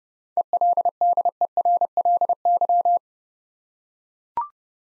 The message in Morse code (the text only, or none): ELDERLY